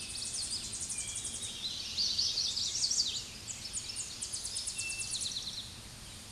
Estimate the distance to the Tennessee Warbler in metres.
about 20 m